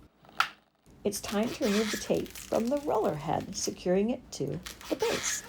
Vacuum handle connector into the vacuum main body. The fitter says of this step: It simply slides in and connects. It'll snap right in.